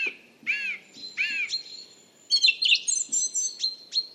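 Song thrush song with an arched phrase repeated a few times, then a fast run of scratchy, twittering high notes.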